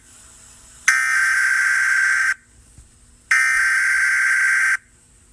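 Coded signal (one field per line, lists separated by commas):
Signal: Emergency Alert System (SAME) tones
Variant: header bursts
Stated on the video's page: Mock, fictional tornado warning scenario for Oklahoma City that may contain valid tones.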